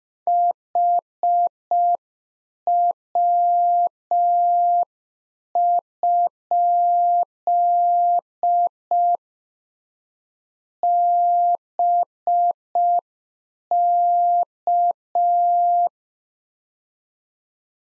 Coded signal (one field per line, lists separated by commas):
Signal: Morse code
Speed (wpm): 5 wpm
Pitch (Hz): 700 Hz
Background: none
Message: HW? BK